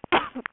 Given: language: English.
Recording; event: throat vibration sensor signal played as sound; cough